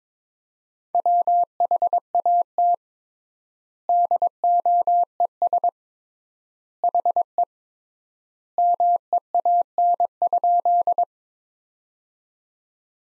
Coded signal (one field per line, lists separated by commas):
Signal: Morse code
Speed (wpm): 22 wpm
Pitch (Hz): 700 Hz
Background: none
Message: WHAT DOES HE MEAN?